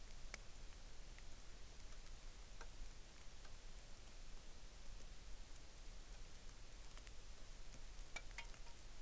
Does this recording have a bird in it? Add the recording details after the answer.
no. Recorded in the Arctic National Wildlife Refuge, Alaska, on 3 August 2019. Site 33